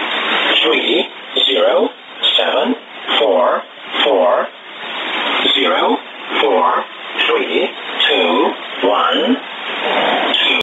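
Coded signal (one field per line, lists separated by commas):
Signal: numbers station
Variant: E07a English Man, English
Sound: a male voice reading about ten short words at a steady, even pace over shortwave radio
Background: radio static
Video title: 21 02 2019 E07a English Man numbers station in English to Eu 0554 on 5811 unknown tx site USB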